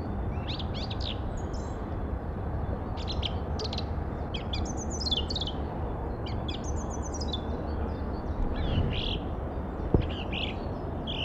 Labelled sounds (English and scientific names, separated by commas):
Song Thrush (Turdus philomelos) song